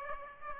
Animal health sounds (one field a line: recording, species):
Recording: mosquito wingbeat signal from an infrared sensor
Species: Aedes aegypti